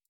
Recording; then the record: hydrophone in a shrimp aquaculture tank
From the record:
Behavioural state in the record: stressed